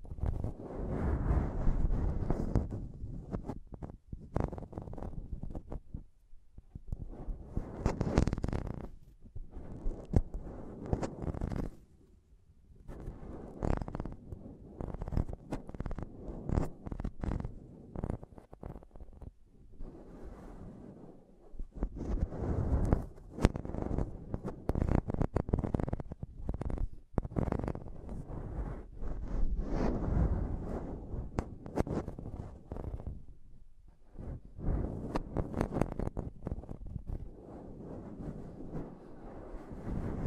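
Intense tapping and scratching on a microphone, with dense bursts of thuds and rough scraping that come in clusters. Low, muffled rumbling fills most of it, broken by brief pauses near 6, 12 and 20 seconds, with sharper bright clicks scattered throughout.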